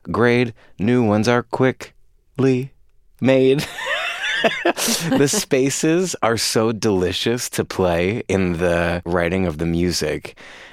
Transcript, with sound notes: New ones are quickly made.
(LAUGHTER)
The spaces are so delicious to play in the writing of the music.